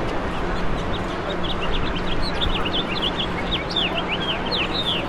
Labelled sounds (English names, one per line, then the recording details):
House Finch song
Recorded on Long Island, New York, on 21 March 2012
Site FL
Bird C